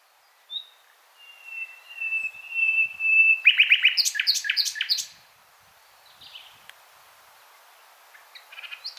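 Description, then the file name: Common nightingale song phrase: a soft whistled note swelling steadily in loudness, breaking into a fast, loud series of sharp high notes, then brief quieter notes after a pause. "Luscinia megarhynchos"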